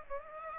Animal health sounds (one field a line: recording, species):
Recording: mosquito wingbeat signal from an infrared sensor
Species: Aedes aegypti